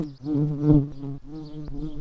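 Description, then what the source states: White-tailed bumblebee buzzing, a low droning hum with rich layered overtones that swells, dips briefly twice and resumes steadily. Worker bees.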